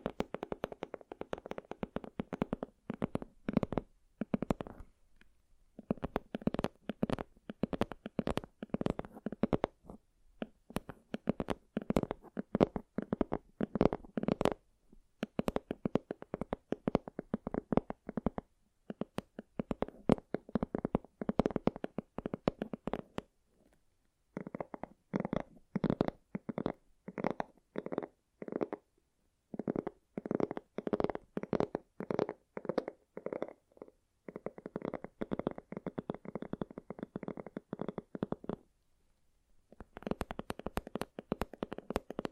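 An assortment of tingly sounds, with rapid tapping, crinkling and squishing bursts packed densely into runs. Brief silent pauses near 5, 15, 24, 34 and 39 seconds separate the passages. The tone sits mostly low and full, with occasional crisp, brighter edges.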